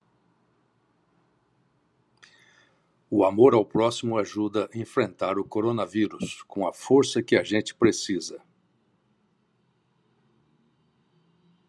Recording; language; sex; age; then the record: spoken sentence; Brazilian Portuguese; male; 60 to 69 years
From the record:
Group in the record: control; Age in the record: 65 years